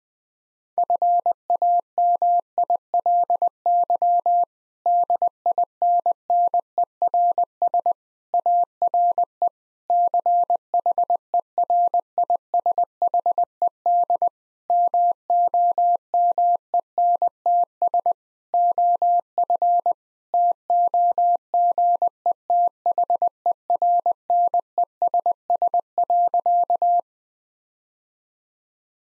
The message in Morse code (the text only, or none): FAMILY DINNERS ARE CHERISHED MOMENTS OF TOGETHERNESS.